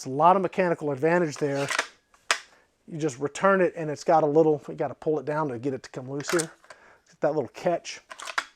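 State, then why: Not seated. Someone talks while handling the metal underlever of an Umarex Synergis .177 fixed-barrel multi-shot underlever air rifle after cocking, pulling it down to free it from its little catch and returning it toward the stock. A sharp tick is heard at about 2.3 s during a pause, and small quick clicks come near 8.2–8.4 s. Nothing has seated or clicked home yet: the underlever has not locked into its catch by the end.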